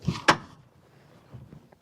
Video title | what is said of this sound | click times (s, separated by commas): Wheat Fungicide Trials, Planting Soybeans, and Dirt Work | And she's latched in the upper position. | 0.3 s